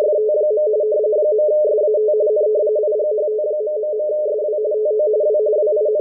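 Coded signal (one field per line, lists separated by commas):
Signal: RTTY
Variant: 45 baud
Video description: Using a WebSDR and FLDIGI in RTTY-45 mode to decode the WLO marine weather report for the Caribbean and Atlantic waters.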